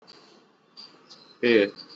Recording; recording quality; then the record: sustained vowel as in made; poor, much background noise or distortion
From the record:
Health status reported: exposed to COVID-19, no respiratory illness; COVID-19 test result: not tested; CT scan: not taken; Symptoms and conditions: cough, cold, fever, fatigue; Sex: male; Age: 30 years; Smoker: no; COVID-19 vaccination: both doses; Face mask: worn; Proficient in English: yes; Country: India